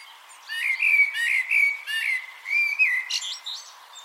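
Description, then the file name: Common blackbird singing several fluted warbled phrases, ending with a burst of high, thin, squeaky twittering. "Turdus merula"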